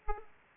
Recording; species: mosquito wingbeat signal from an infrared sensor; Aedes aegypti